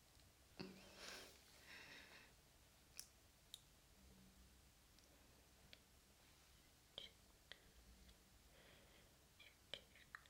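A face massage with soft brushing strokes and sharp little taps or snaps recurring every second or two, quiet.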